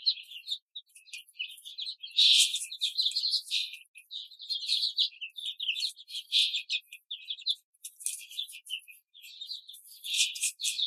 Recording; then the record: young laying hens in a cage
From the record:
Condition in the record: control cage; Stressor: none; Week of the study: 5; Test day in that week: 1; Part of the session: 1